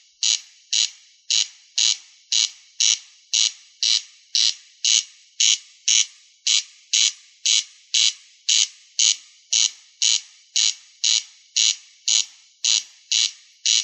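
Rail uttering a long run of rhythmic, creaky notes, very even in pace; no other sounds.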